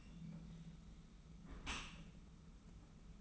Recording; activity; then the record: daily activity, microphone in the room; close dishwasher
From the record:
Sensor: 1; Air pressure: 991.3 hPa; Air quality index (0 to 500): 121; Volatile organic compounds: 218 ppm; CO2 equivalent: 4271 ppm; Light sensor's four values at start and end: 40/125/49/51 and 40/125/49/51